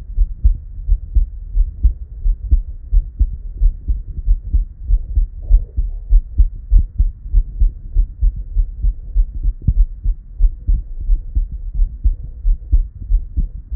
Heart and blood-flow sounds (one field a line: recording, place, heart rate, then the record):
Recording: heart sounds by stethoscope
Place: Erb's point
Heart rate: 88 bpm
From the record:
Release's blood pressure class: elevated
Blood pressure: 124/66 mmHg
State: at rest